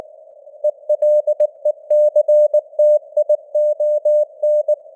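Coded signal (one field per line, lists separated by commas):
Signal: Morse code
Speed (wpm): 19 wpm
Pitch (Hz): 600 Hz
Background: none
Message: ELECTION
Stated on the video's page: Simulated Morse news headlines at 19 wpm with simulated radio noise and varying signal strength (QSB).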